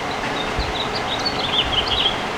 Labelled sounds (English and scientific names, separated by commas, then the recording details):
House Finch (Haemorhous mexicanus) song
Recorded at Patchogue on Long Island, New York, on 21 June 2013
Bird G